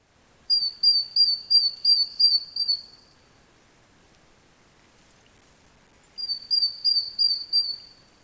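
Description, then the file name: Great tit calling, a fast series of about eight clear, high, slightly slurred notes, silence for three seconds, then a similar run of notes. "Parus major"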